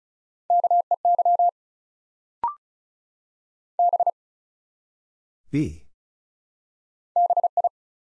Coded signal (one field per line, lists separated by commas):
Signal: Morse code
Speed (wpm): 36 wpm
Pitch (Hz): 700 Hz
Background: none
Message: KEY B BI